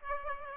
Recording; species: mosquito wingbeat signal from an infrared sensor; Aedes aegypti